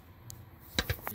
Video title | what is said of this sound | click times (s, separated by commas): 26: DIY Pentastar 3.6/3.2L V6 Engine Oil Change Method For Less Filter Mess. | There's the click, 25. | 0.8 s